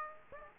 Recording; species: mosquito wingbeat signal from an infrared sensor; Aedes aegypti